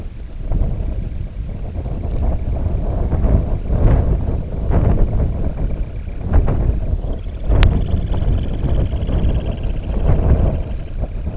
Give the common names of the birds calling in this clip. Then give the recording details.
Semipalmated Sandpiper, Dunlin. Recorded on Arctic tundra, site IGLO-D, on 18 June 2018. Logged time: 04:00